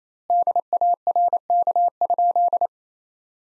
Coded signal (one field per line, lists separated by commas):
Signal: Morse code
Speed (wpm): 28 wpm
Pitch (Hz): 700 Hz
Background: none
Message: DARK?